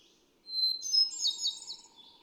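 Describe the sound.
Hermit thrush singing a pure opening whistle followed by a rapid tumbling series of high, flute-like notes.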